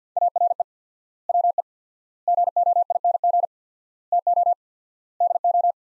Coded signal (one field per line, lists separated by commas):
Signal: Morse code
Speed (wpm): 50 wpm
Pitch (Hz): 700 Hz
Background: none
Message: ARE WE GOING TO DO